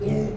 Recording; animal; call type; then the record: contact call of a hoofed animal; pig; closed-mouth grunt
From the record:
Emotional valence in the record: negative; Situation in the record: short social isolation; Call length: 0.37 s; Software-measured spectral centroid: 1450 Hz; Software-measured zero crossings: 710 a second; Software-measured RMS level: -24 dBFS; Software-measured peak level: -12 dBFS